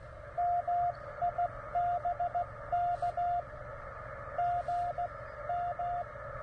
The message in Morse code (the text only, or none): MI BK GM